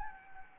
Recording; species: mosquito wingbeat signal from an infrared sensor; Anopheles gambiae